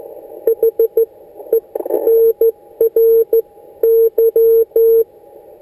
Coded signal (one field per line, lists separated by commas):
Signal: Morse code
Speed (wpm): 14 wpm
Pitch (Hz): 450 Hz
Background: none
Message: HENRY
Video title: Morse code QRS